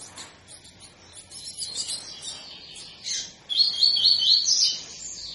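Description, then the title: Double-collared seedeater singing a short run of rapid high notes near the end, after a stretch of softer high twittering and hiss. Tui-tui song style of a spirited ('fibra') bird, a teacher song used for training young birds. "COLEIRO TUI TUI FIBRA"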